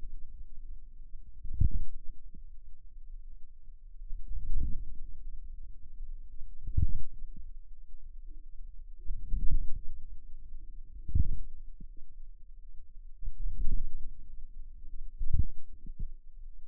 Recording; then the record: forearm muscle sounds (acoustic myography)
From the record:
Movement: outward rotation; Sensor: system 2, bracelet of six BSWA MPA416 microphones around the upper forearm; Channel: 6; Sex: female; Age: 23 years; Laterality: right